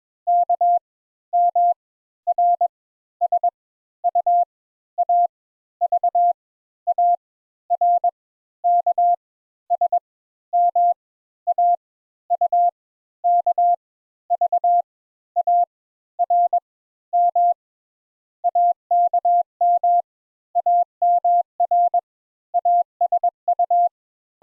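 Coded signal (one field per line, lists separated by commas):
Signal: Morse code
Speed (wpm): 21 wpm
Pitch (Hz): 700 Hz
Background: none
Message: K M R S U A V A R K S M A U K V A R M AKM AMR ASU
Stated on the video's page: Morse code introductory lesson teaching the letters A and N.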